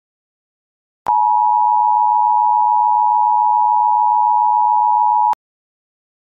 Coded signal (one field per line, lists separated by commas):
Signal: Emergency Alert System (SAME) tones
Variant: 853 and 960 Hz attention tone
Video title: EAS - Clowns 2